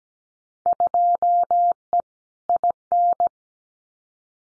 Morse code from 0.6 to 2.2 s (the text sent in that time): 2E